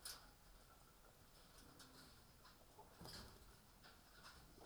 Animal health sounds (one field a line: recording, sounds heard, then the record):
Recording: poultry house recording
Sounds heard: healthy chickens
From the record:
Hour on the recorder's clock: 18